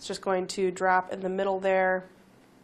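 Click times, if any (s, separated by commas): none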